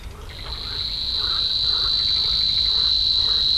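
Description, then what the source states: Savi's warbler song, a continuous high, even, insect-like buzzing reel held without a break from just after the start to the end, with faint background hum. Recorded at Slatina pond, Prague, Czech Republic, on 16 June 2013, 21:31–21:35 CEST; the species breeds there regularly in several pairs, at least two breeding pairs in 2013.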